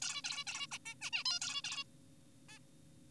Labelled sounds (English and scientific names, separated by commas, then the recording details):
Zebra Finch (Taeniopygia guttata)
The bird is an adult
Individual g4p5U